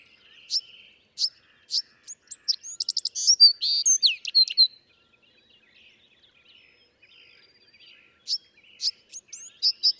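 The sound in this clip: Bewick's wren singing: spaced high notes leading into a rapid trilled and buzzy phrase, followed by a pause and more sharp chips.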